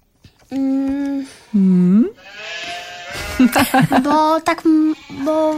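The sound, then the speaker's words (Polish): A human voice imitates a sheep, giving several drawn-out, wavering bleats of mid pitch, broken up by a burst of choppier, rougher vocal sounds in the middle. “Dlaczego grecka owca nie potrafi meczeć, tylko beczy?”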